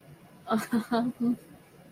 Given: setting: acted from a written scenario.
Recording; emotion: vocal sound without words; embarrassment